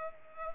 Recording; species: mosquito wingbeat signal from an infrared sensor; Culex pipiens